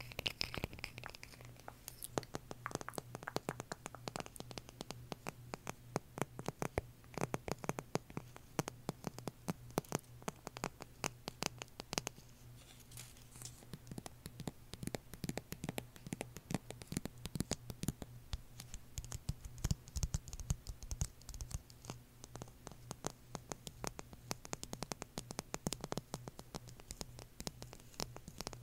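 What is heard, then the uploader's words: ASMR tapping: dense, rapid clicks and taps crowd the whole stretch, irregular and nearly continuous, each one short and crisp with a bright edge. A steady low hum runs underneath throughout, and the tapping eases slightly for a moment around twelve seconds before picking back up. ASMR Tapping For Sleep (No Talking).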